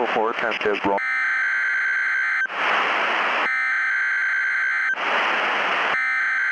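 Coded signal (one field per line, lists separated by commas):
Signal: Emergency Alert System (SAME) tones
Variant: header bursts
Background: speech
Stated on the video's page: Requested mock alert, not a real activation, made with an EAS kit that runs in Keynote on macOS.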